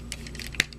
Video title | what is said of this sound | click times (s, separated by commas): Transformers Animated Optimus Prime | in like that you're gonna snap into place | 0.6 s